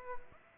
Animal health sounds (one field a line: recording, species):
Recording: mosquito wingbeat signal from an infrared sensor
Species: Aedes aegypti